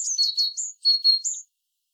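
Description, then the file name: Great tit giving a short run of high, sharp notes, with a brief pause mid-way before two louder clear whistles and a final note. "Parus major"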